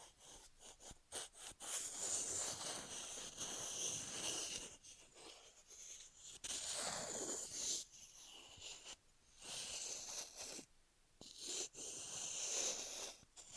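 Ear massage and cleaning: close rubbing and brushing swells in long hissy strokes, with short pauses and quick scratchy taps in between.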